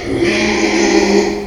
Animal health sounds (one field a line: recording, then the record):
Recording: squeal of a Yucatan mini pig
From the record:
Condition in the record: after surgery on the right vocal fold (resection and tissue-engineered implant)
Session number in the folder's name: 2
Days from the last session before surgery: 13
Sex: male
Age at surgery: 12 weeks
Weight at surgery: 13 kg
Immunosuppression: cyclosporine, prednisolone